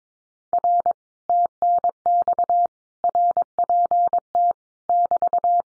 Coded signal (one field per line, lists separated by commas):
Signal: Morse code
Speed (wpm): 22 wpm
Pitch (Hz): 700 Hz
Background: none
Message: R TNX RPT <BT>